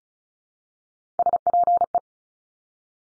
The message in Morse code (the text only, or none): SPE